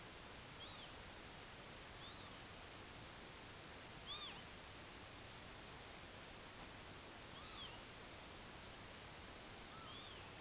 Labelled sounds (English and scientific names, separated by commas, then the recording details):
Northern Lapwing (Vanellus vanellus), unidentified sound
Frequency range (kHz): Northern Lapwing (Vanellus vanellus) 0.5-7.4 kHz
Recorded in France